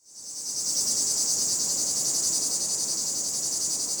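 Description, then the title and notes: Cicada song, a dense high buzzing with a rapid pulsing throb, fading in over the first half second and then holding steady and loud. Cicada song in midsummer, July, said to reach the loudness of a chainsaw; insects only a few centimetres long. "Le chant des cigales. Bru(i)t , c'est le podcast de Brut"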